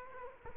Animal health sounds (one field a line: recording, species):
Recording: mosquito wingbeat signal from an infrared sensor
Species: Culex quinquefasciatus